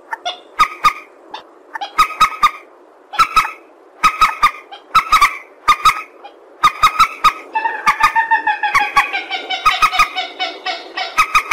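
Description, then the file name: Purple swamphen calling with paired nasal honks repeated in short groups, then a longer, rapid stream of harsh cackling notes, with sharp clicks. "tieng trich re keu"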